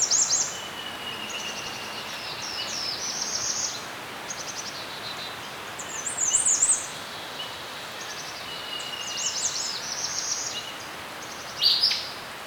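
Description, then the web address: Birds chirping in several high, busy twittering bursts spread throughout, with sharp squeaky notes and a faint steady whistle, over a steady background hiss. Birds chirping in a serene forest. "Dr Sound Effects. Birds Chirping In a Serene Forest"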